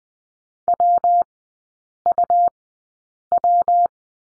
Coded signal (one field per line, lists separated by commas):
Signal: Morse code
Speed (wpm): 20 wpm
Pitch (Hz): 700 Hz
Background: none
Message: WUW